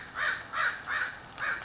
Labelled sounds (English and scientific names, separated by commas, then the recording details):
American Crow (Corvus brachyrhynchos)
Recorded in Sonoma County, California